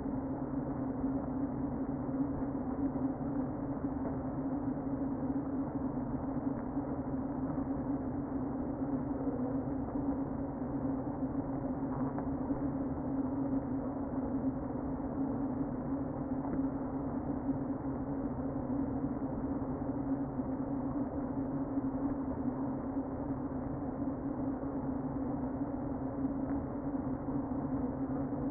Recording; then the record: honeybee colony, microphone inside the hive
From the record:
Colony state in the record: queen present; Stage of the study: before two queens were removed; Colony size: about 60,000 bees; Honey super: yes